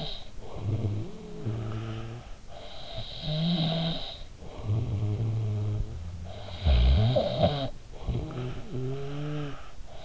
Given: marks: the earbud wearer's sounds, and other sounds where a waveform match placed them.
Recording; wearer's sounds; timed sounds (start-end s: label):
sounds in sleep by an in-ear microphone; snoring breath
0.00-10.05 s: snoring breath